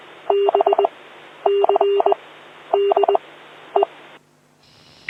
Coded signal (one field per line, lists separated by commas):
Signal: Morse code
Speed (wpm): 19 wpm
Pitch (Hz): 400 Hz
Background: none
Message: B C D E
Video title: EAS Scenario #49: Severe Solar Storm